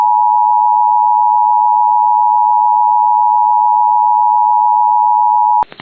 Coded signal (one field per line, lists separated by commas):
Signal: Emergency Alert System (SAME) tones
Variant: 853 and 960 Hz attention tone